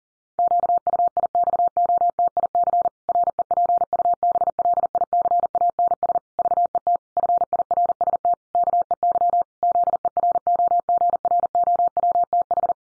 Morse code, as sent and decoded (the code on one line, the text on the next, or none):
--.- ..- .. -..- --- - .. -.-. / .-. . .--. ..- -... .-.. .. -.-. .- -. ... / ...- . - / ..-. .. .-. ... - / -.- . -.-- / --.. . .-. --- --. .-. --- .-- - ....
QUIXOTIC REPUBLICANS VET FIRST KEY ZEROGROWTH